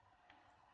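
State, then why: Seated. During an Xbox 360 controller repair, a component is pushed back on the controller circuit board so it sits straight in its position before soldering. Over a quiet background, one faint, sharp click sounds at 0.3 s as the part seats in place.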